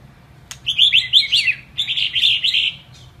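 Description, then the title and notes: White-rumped shama giving a fast run of high scratchy chattering notes in two bursts, preceded by a sharp click, over faint low hum. Masteran (training recording) of White-rumped shama song. "Masteran Murai Batu"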